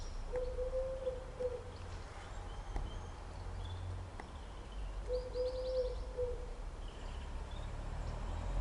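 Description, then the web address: Bird giving a low, steady, hoot-like note about a second long, heard twice roughly five seconds apart, over a low rumbling background. "Deverinetal 2025. Bird Only"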